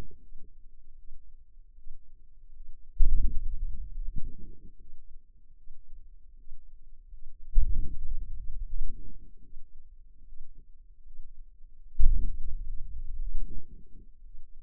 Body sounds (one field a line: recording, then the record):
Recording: forearm muscle sounds (acoustic myography)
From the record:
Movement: hand opening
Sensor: system 2, bracelet of six BSWA MPA416 microphones around the upper forearm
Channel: 5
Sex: female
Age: 23 years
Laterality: right